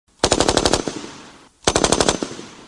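Two bursts of heavy machine-gun fire in a forest, each a rapid string of loud, sharp cracks lasting about a second, with a brief pause between them and trailing echoes afterward; the bullets strike trees about 15 metres to one side, chipping thick trunks and cutting through young trees. No voices.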